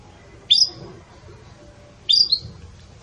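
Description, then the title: Canary calls: two short bright chirps about one and a half seconds apart, with quiet background hum between. Pure "campainha" (bell) song style with pauses, intended for training canaries. "Canto Canário Belga Campainha Puro Com Pausa Para Treinamento"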